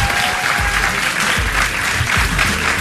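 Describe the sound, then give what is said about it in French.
Steady applause from a group on the Planète Rap radio show greets a newly arrived guest, filling the whole stretch, dense and loud with bright clapping texture and no gaps, a faint thin tone briefly ringing at the start. “C'est installé juste à tes côtés, je pense qu'on peut l'applaudir aussi.”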